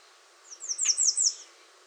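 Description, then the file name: American redstart song: five high slurred notes in quick succession, with a brief soft click in the middle of the phrase. Recorded 21 June 2019. "2019-06-21 American Redstart"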